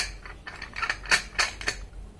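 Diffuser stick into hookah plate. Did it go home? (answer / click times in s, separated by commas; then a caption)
yes / 1.4 s. A hookah diffuser stick is pressed and locked onto the metal plate on top of a hookah base. Several small metallic knocks are heard, and the loudest one, at 1.4 s, is the stick locking into place. No one talks during the clip.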